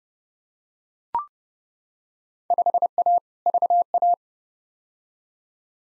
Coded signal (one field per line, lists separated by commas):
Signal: Morse code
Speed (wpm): 32 wpm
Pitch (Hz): 700 Hz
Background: none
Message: 5A VA